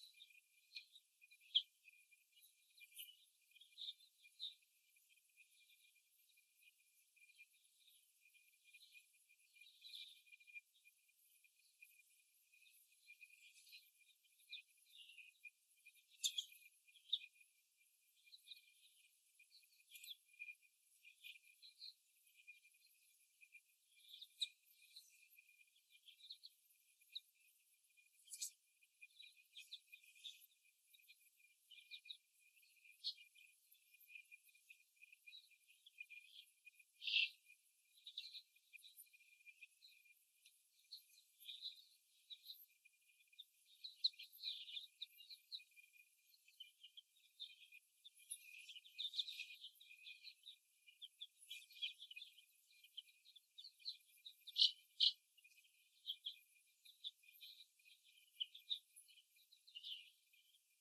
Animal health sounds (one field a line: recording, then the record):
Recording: young laying hens in a cage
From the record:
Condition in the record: before the stressor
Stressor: simulated dog barking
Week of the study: 1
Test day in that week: 1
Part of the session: 3